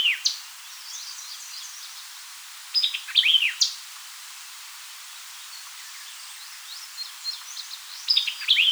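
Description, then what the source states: White-eyed vireo, several phrases of sharp chips and slurred downward notes, loudest near the middle and at the end, with fainter notes between. Recorded 4 January 2007.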